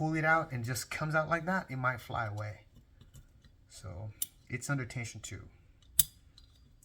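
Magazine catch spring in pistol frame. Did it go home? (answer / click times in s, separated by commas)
released / 6.0 s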